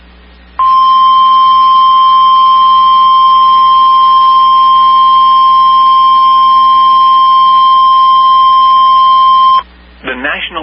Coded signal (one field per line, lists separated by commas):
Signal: Emergency Alert System (SAME) tones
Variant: 1050 Hz attention tone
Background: speech